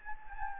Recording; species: mosquito wingbeat signal from an infrared sensor; Anopheles gambiae